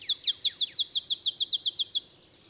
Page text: Olive sparrow. Recording early morning just 50 miles north of the Mexican border in Texas